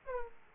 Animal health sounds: mosquito wingbeat signal from an infrared sensor; Aedes aegypti

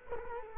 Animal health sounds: mosquito wingbeat signal from an infrared sensor; Culex quinquefasciatus

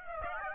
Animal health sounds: mosquito wingbeat signal from an infrared sensor; Aedes aegypti

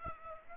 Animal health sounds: mosquito wingbeat signal from an infrared sensor; Aedes aegypti

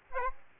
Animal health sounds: mosquito wingbeat signal from an infrared sensor; Aedes aegypti

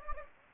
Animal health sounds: mosquito wingbeat signal from an infrared sensor; Anopheles gambiae

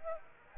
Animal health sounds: mosquito wingbeat signal from an infrared sensor; Aedes aegypti

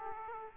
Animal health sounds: mosquito wingbeat signal from an infrared sensor; Aedes aegypti

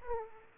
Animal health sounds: mosquito wingbeat signal from an infrared sensor; Aedes aegypti

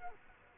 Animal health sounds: mosquito wingbeat signal from an infrared sensor; Culex quinquefasciatus

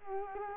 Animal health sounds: mosquito wingbeat signal from an infrared sensor; Culex quinquefasciatus

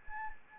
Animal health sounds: mosquito wingbeat signal from an infrared sensor; Anopheles arabiensis

